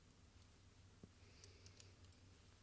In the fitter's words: So that it it didn't snap into place.